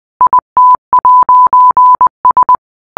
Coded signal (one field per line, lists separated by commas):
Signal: Morse code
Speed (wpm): 20 wpm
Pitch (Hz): 1000 Hz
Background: none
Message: IT'S